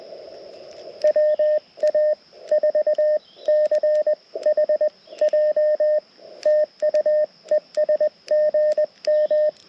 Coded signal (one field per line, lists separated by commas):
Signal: Morse code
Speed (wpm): 21 wpm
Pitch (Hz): 610 Hz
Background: radio noise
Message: WA4CHJ TU ES GM